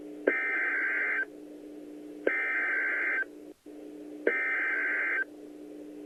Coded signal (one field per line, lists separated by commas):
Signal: Emergency Alert System (SAME) tones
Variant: header bursts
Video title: An EAS timeline of the 5/19/13 Edmond, OK Tornado